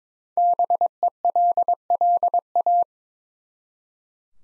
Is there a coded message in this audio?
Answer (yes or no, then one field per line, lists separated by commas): yes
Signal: Morse code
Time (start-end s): 0.4-2.8 s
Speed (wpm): 22 wpm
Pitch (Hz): 700 Hz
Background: none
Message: BELLA